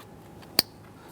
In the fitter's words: and make sure that they snap into place